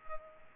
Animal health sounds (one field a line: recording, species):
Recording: mosquito wingbeat signal from an infrared sensor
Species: Culex pipiens